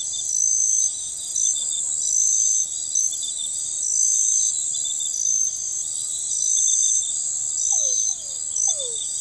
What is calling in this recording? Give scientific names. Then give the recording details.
none. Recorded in forest near Pivijay, Magdalena, Colombia, on 17 April 2023 at 01:30. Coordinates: 10.467, -74.380. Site Z5-G034